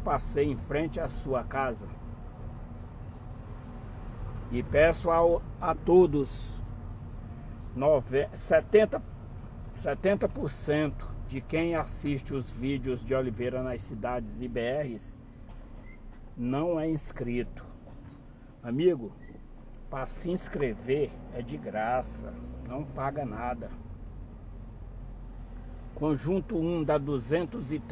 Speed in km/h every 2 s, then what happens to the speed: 15, 17, 16, 14, 13, 13, 8, 3, 4, 0, 0, 9, 9, 10.
0-10 steady at about 14. 10-17 slows to 0. 17-20 standing. 20-22 pulls away to 9. 22-28 steady at about 9.